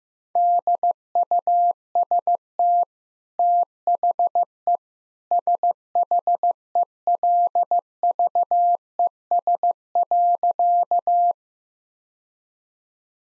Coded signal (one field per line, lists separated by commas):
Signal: Morse code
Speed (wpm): 15 wpm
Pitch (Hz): 700 Hz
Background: none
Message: DUST THE SHELVES.